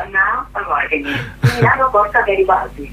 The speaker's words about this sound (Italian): scusate un attimo, sentite, sono su un treno, quindi c'è anche passare questo annuncio.